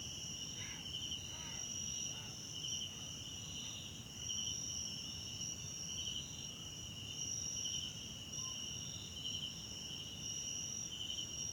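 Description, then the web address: Crickets trill continuously at high pitch with regular brighter pulses, plus a few faint lower chirps early on. Background crickets at night in a wetland park at Kosi Forest Lodge, South Africa. "Tonschliff - SOUTH AFRICAN CRICKETS BG South Africa Wetland Park Kosi Forest Lodge Night"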